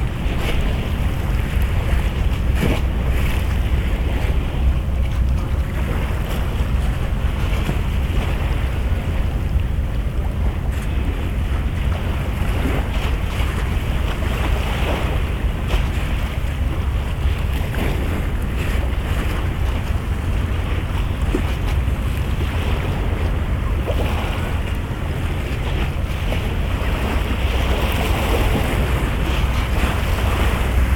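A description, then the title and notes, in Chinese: Waves at Yokohama Port wash in a dense, steady rush that holds its level for the whole stretch, with a low rumble underneath. Brief splashes and slaps break through irregularly, and a faint engine-like drone runs beneath, suggesting a passing boat. とある日の横浜港。Mic: Mu6 Lifelike2。波音。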